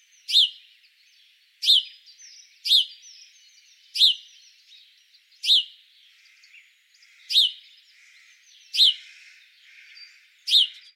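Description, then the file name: House sparrow calls: sharp, bright chirps given singly every one to two seconds, with soft, faint chatter between them. "Passer domesticus"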